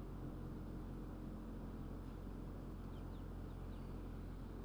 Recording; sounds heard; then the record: poultry house recording; healthy chickens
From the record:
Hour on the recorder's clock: 23